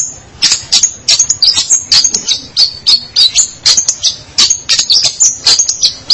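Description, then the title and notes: Long-tailed shrike song: a fast run of sharp, high whistled and chattering notes, varied and almost continuous, with some harsh rasps mixed in. "Pentet 201703. Suara burung pentet"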